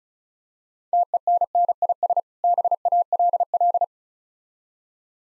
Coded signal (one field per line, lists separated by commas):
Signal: Morse code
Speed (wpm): 36 wpm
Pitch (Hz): 700 Hz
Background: none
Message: TENNIS BALL